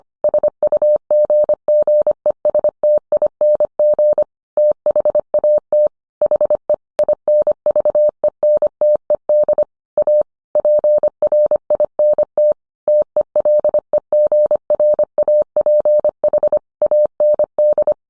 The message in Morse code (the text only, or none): SUGGESTING THAT HE INVENTED A PRINT TELEGRAPH AND